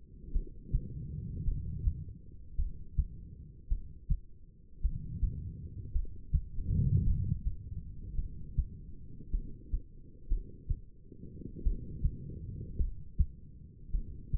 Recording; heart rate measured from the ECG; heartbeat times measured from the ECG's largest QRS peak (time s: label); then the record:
heart sounds by stethoscope; 53 bpm
0.32 s: heartbeat
1.44 s: heartbeat
2.56 s: heartbeat
3.68 s: heartbeat
4.81 s: heartbeat
5.92 s: heartbeat
7.03 s: heartbeat
8.15 s: heartbeat
9.30 s: heartbeat
10.28 s: heartbeat
11.63 s: heartbeat
12.77 s: heartbeat
13.91 s: heartbeat
From the record:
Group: heart failure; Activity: rest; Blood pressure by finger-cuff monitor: 87/67 mmHg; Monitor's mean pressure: 74 mmHg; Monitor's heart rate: 53 bpm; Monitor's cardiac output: 2.5 L/min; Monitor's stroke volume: 47 mL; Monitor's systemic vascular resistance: 2130 dyn s/cm5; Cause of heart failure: non-ischemic cardiomyopathy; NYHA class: 1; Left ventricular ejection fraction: 52%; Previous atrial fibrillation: present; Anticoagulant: apixaban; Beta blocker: bisoprolol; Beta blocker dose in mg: 10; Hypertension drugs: sacubitril-valsartan, spironolactone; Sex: female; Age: 68 years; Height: 169 cm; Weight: 71 kg